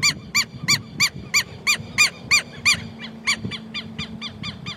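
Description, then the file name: Southern lapwing calls: loud, nasal, arching notes repeated about three a second, fading into softer notes near the end, over a low background rumble. "canto do quero quero"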